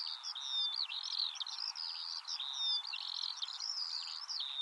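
Eurasian skylark song, a busy chain of warbled phrases and short trills running continuously, with light background noise.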